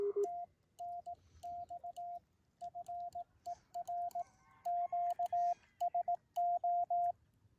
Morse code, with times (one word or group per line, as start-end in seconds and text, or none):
0.2-2.2 TNX
2.6-4.2 FER
4.7-7.1 QSO